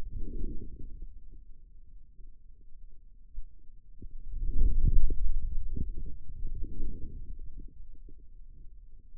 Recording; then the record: forearm muscle sounds (acoustic myography)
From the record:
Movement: hand closing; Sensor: system 2, bracelet of six BSWA MPA416 microphones around the upper forearm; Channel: 6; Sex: male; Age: 22 years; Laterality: right